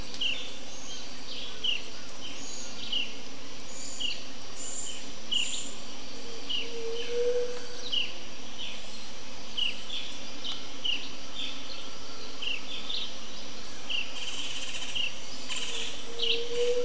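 Morning insects hum in a steady low drone while a bird repeats a short bright chirp at an even pace, about once a second, throughout. Fainter high calls from other birds drift in behind, and a brief buzzing swell passes near eight seconds and again at the end.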